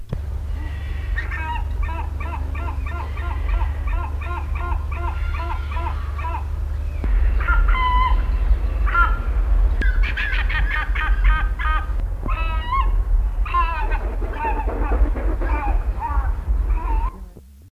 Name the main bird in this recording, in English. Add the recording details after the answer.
Black-casqued Hornbill. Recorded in captivity. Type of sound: call. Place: Vogelpark Walsrode, Niedersachsen, DE. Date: 1978-08-30. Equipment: Halbspur, 9,5 cm/s. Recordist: Lütgens, Hans. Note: Rufe